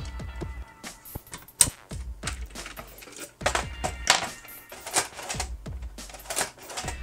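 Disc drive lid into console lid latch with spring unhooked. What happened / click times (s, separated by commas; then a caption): The plastic lid does not latch shut / none. The plastic disc lid of a PS3 Super Slim console is pressed closed onto its latch while the latch spring is unhooked, producing a series of light plastic taps and knocks, the sharpest near 1.6 s and 4.1 s. The lid does not catch, and nothing has latched.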